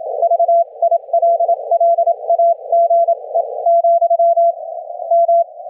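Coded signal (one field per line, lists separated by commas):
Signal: Morse code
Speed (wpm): 27 wpm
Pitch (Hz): 680 Hz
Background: none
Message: VILLAGE, M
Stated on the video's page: HF Morse heard through a rig with 400 Hz crystal filter, with a CALF 5-band equalizer LV2 plugin switched in and out as an audio bandpass filter.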